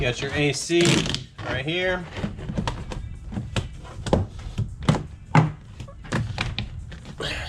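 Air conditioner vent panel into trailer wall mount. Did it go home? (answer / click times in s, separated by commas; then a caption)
yes / 5.4 s, 6.6 s. Someone talks while flipping up the panel covering a portable air conditioner's vent opening in a trailer wall, then pushes it back into its mount. Sharp snaps at 5.4 s and 6.6 s mark the vent panel seating firmly in place.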